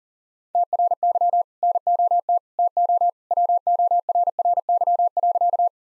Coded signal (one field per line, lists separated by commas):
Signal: Morse code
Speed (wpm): 40 wpm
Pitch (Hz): 700 Hz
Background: none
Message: TRY NOT TO WORRY.